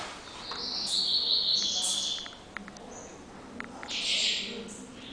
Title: Canto Coleiro